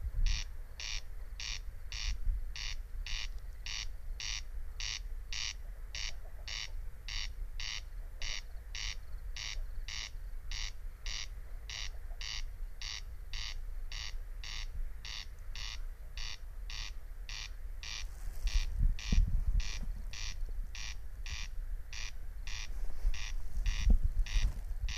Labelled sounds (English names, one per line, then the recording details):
Corn Crake song
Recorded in the wild
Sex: male
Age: adult
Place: Peenemuende, Usedom, Mecklenburg-Vorpommern, DE
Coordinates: 54.1548, 13.7769
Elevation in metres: 1
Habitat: meadow
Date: 2015-06-04 23:15
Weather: clear, 7°C, almost windless
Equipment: Sound Devices 702, Sennheiser MKH 415 T, Rhode Windschutz
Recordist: Frommolt, Karl-Heinz